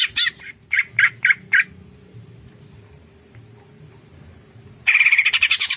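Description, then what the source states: Greater green leafbird song: five short, sharp whistled phrases, a quiet pause with low hum, then a loud rapidly pulsing buzzy chatter at the end. Greater green leafbird singing vigorously (gacor).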